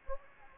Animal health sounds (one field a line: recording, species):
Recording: mosquito wingbeat signal from an infrared sensor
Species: Anopheles gambiae